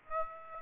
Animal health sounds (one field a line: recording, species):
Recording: mosquito wingbeat signal from an infrared sensor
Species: Aedes aegypti